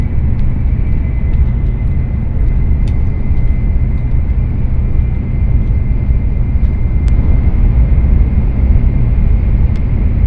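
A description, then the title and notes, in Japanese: Tokaido Shinkansen Kodama running from Hamamatsu to Shizuoka: a steady, dense low rumble with a faint high whine and occasional light clicks. 東海道新幹線こだま浜松→静岡。朝一番の浜松始発の新幹線です。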